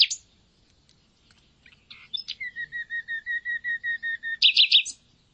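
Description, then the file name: Common nightingale song: a sharp note, then a long even series of many clear repeated whistled notes, ending in a harsh rapid rattle. "Luscinia megarhynchos"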